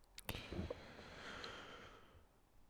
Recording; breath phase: one breath near a microphone; inhalation